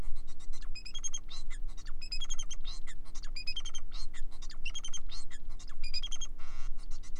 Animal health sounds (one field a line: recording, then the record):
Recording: song of a male Bengalese finch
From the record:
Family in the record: son of father 4